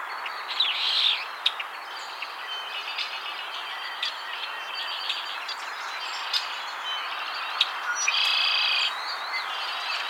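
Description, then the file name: Red-winged Blackbird: buzzy phrases near the start and end, with many brief chirps and ticks in between over constant background noise. "Agelaius phoeniceus - Red-winged Blackbird"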